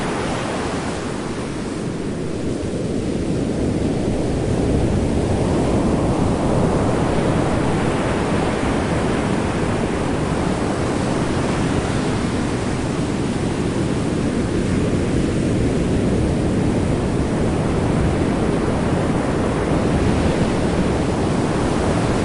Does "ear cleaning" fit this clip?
no